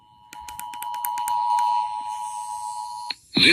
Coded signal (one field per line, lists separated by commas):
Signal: Emergency Alert System (SAME) tones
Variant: 853 and 960 Hz attention tone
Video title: EAS #125-127 Required Monthly Test On Multiple Stations